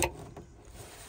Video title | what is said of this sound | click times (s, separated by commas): Nissan Sentra Taillight Removal and Installation. | and once it clicks it that's a positive lock | 0.0 s